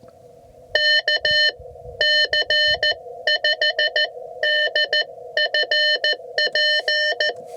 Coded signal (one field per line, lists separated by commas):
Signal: Morse code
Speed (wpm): 14 wpm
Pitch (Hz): 1800 Hz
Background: none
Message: K C5DFP